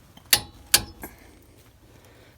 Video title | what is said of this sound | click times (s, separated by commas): Replacing Front Wheel Bearing Assembly 2003 Ford Explorer | we'll finish tighten it up when you hear it click then you know you're good | 0.3 s, 0.7 s